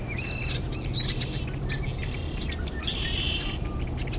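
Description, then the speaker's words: Red-winged blackbird song: two short buzzy trills near the start and the end, with scattered chips between, over a constant low rumble. Favours wetlands, marshes and ponds throughout the region. "Bird Song Break, featuring the red-winged blackbird. Special thanks to the Cornell Lab of Ornithology."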